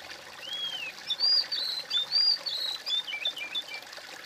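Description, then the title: Bird song opening with a lower, arched whistle, then a quick series of higher whistled notes that fade toward the end, over a soft hiss. "kOMPILASI suara bird"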